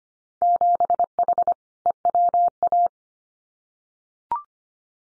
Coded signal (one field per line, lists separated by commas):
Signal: Morse code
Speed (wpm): 25 wpm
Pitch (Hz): 700 Hz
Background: none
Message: 7H EWA